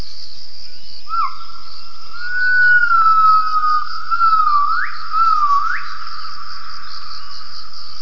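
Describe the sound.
Gibbon whistled call: a long, pure, slightly wavering tone, then two quick upward swoops near the end, over a steady high hiss that runs throughout.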